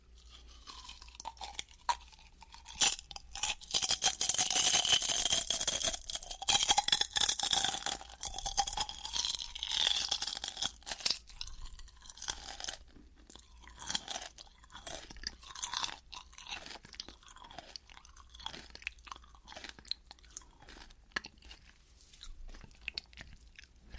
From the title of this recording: honey butter chip eating sound